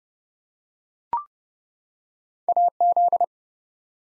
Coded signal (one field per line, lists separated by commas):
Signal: Morse code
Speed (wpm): 29 wpm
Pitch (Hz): 700 Hz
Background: none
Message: AZ